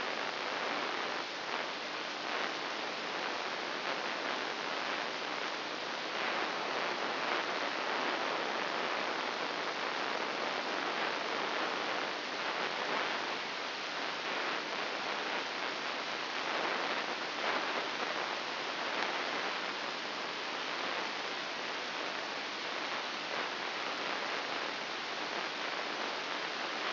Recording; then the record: brain microelectrode recording played as sound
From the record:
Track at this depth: inside the subthalamic nucleus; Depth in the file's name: 3.004 mm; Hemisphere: right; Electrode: 3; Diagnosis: Parkinson's disease